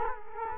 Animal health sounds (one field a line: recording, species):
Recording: mosquito wingbeat signal from an infrared sensor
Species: Culex quinquefasciatus